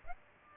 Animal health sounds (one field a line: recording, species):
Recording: mosquito wingbeat signal from an infrared sensor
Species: Aedes aegypti